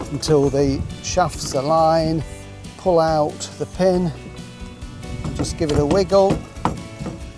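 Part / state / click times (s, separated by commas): attachment drive shaft into multi-tool shaft coupling / not seated / none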